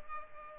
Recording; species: mosquito wingbeat signal from an infrared sensor; Culex pipiens